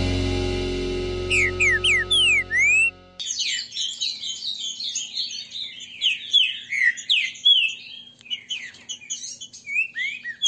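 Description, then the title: Green-winged saltator song, with rapid twittering and slurred whistled phrases following an opening stretch of steady humming tone and swooping whistles. Trinca-ferro 'Voz 08', singing and 'macheando'. "Canto De Trinca Ferro. TRINCA FERRO cantando e macheando"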